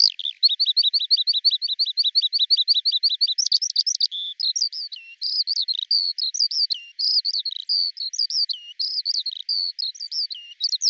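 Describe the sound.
Eurasian skylark song opening with a fast run of identical repeated chirps, then shifting to a varied warble of whistles and trills that continues unbroken.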